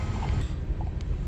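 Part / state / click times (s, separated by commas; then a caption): connector or fitting into an automatic transmission / not seated / none. A connector or its adapter sleeve is aligned and pushed by hand into an automatic transmission, a Mercedes 722.6 in a W220 S500, against a steady low rumble with faint brief handling ticks around 0.8 s and 1.0 s. The part has not seated or snapped into place yet.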